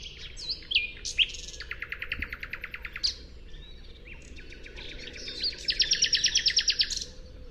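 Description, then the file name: Common nightingale singing rich, varied phrases: slurred whistles, a long rapid rattle of repeated notes, then a fast, loud trill. "Luscinia megarhynchos"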